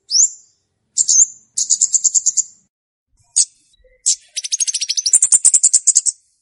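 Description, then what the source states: Flowerpecker song: high chirps and a buzzy burst, a run of thin high ticks, then a long, very high ticking trill. Song used as a lure for trapping birds.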